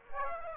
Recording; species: mosquito wingbeat signal from an infrared sensor; Aedes aegypti